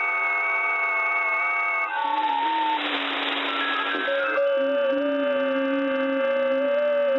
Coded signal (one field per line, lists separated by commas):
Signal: FT8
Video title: RK5A002SWL - Receiving FT8 signals 28MHz - JTDX+WebSDR [SWL]